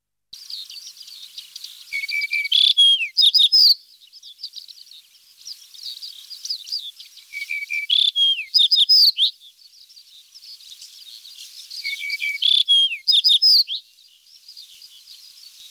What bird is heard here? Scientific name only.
Emberiza aureola